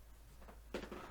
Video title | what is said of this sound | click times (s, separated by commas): Glock Trigger Upgrade | slide this firing pin up, hear that little click, now you have a little bit of space. | 0.8 s